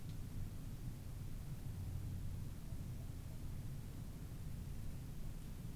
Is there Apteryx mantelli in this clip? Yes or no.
no